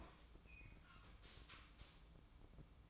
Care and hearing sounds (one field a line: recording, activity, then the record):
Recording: daily activity, microphone in the room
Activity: open fridge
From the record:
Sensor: 1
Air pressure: 1007.8 hPa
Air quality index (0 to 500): 106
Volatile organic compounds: 1 ppm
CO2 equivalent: 901 ppm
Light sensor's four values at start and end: 12/29/12/13 and 12/29/12/13